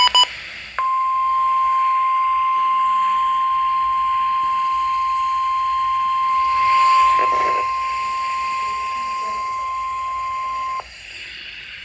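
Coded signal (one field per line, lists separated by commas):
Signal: Emergency Alert System (SAME) tones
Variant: 1050 Hz attention tone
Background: speech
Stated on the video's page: Flash flood warning on NOAA Weather Radio, issued by NWS Las Vegas for San Bernardino County, California, via transmitter WXM66.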